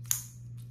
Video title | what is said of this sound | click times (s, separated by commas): Vision R from WeKnives designed by Snecx! | it keeps the knife locked there and then once you pull this leather it releases and drops | 0.1 s